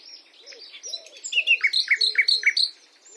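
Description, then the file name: Common nightingale phrase of several rich, descending notes repeated in quick succession. "Luscinia megarhynchos"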